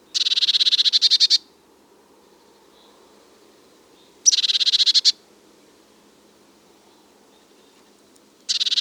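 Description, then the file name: Eurasian blue tit call: three buzzy rattling churrs separated by pauses of a few seconds, the last cut off at the end, in otherwise quiet surroundings. "Cyanistes caeruleus"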